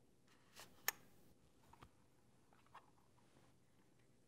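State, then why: Seated. A New55 instant-film packet is pushed fully home into a large-format film holder, with a soft rustle just before a sharp click from the holder's finger at 0.9 s. A few faint taps and rustles follow in an otherwise quiet space. The packet is seated in the holder.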